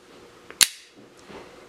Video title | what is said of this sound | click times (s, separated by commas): Best Dog Deshedding Tool Comparison and Testing | and you've got your brush head and the handle and then same thing you just slide it on and wait till it clicks | 0.6 s